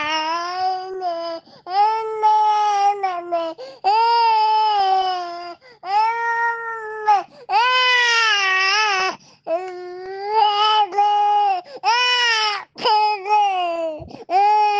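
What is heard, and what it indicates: Rhythmic, high-pitched wailing cries come in roughly nine bouts over fifteen seconds, each separated by a short gasp for breath. The voice is clear and tonal, rising and falling within each cry. This is ordinary baby crying.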